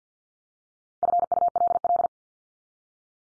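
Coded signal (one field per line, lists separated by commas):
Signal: Morse code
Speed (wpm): 50 wpm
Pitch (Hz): 700 Hz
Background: none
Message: FULL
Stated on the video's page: Head-copy drill of the 500 most common English words at 50 wpm, each word sent three times in Morse, spoken, then sent again.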